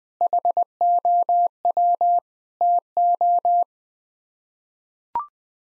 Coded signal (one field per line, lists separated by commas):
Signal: Morse code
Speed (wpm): 21 wpm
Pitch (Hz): 700 Hz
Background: none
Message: HOW TO